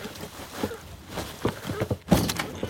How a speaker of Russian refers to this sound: Дверь избы отворяется, конь втаскивает князя через порог.